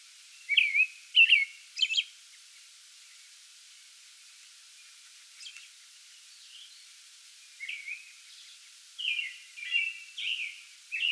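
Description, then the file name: American robin singing in separated bursts: a few loud whistled phrases, a long quiet gap, then softer caroling phrases returning toward the end. Pre-dawn song bout recorded 8 May 2022. "2022-05-08 American Robin pre-dawn song bout"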